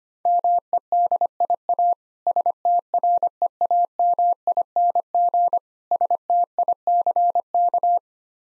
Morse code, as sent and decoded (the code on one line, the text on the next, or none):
-- . -.. .. .- / ... - .-. . .- -- .. -. --. / ... - .. -.-. -.-
MEDIA STREAMING STICK